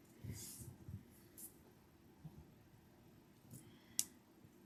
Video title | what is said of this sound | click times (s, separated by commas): DIY Dollar Tree "SWEET" Eraser Purse Dangle! #diy #pursedangle #peepthisyall | You heard that click? That's when they come together. It clicks. | 4.0 s